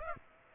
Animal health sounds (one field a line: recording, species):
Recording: mosquito wingbeat signal from an infrared sensor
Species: Aedes aegypti